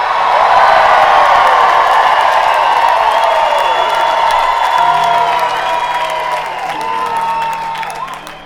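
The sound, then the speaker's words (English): A large concert crowd at the Orpheum Theater in Minneapolis roars with sustained yelling, cheering and whoops, dense and loud throughout, with scattered clapping mixed in before the noise eases slightly toward the end. “Those are the yells of people who have been inside for 17 months.”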